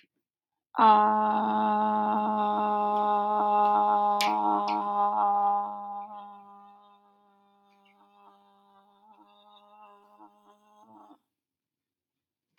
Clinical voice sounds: vowel held as long as possible; female; 30 to 39 years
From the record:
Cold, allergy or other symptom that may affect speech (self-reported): no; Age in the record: 37 years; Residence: United States

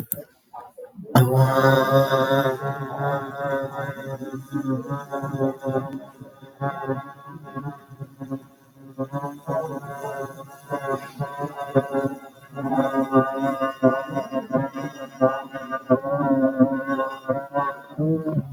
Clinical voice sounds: vowel held as long as possible; male; 40 to 49 years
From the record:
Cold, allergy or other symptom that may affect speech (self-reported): yes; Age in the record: 45 years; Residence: Texas, United States

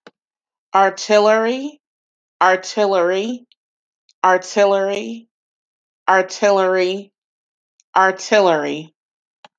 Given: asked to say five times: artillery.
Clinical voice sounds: repeated word; female; 30 to 39 years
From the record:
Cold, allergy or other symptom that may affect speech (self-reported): no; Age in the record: 36 years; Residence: Maryland, United States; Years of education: 19

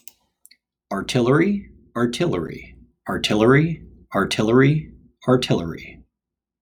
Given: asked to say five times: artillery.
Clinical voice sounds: repeated word; male; 40 to 49 years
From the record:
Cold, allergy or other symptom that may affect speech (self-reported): no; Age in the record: 45 years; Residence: Washington, United States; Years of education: 22

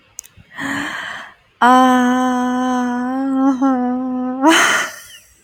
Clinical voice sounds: vowel held as long as possible; female; 20 to 29 years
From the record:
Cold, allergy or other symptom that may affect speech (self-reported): no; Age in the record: 24 years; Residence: Pennsylvania, United States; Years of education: 16

